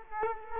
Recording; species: mosquito wingbeat signal from an infrared sensor; Culex quinquefasciatus